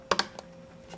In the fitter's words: put it in till it clicks and now we're connected